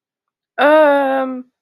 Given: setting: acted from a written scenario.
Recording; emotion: vocal sound without words; embarrassment